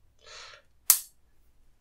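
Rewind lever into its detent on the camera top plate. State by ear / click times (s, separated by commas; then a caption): seated / 0.9 s. A folding film rewind lever on the metal top plate of a Leica MP camera body is pressed back up into its detent. A soft, broad rustle from about 0.25 to 0.6 s precedes a sharp, bright snap at 0.9 s that quickly fades. The lever is seated, snapped back into place.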